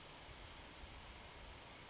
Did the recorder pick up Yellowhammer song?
no